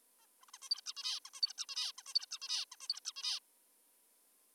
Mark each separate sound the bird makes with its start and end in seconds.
0.19-0.27, 0.41-0.46, 0.48-0.52, 0.54-0.58, 0.62-0.69, 0.70-0.81, 0.86-0.93, 0.97-1.20, 1.26-1.30, 1.34-1.41, 1.42-1.53, 1.58-1.66, 1.69-1.92, 1.98-2.02, 2.07-2.14, 2.15-2.26, 2.31-2.39, 2.42-2.65, 2.72-2.76, 2.81-2.88, 2.89-3.00, 3.05-3.12, 3.16-3.40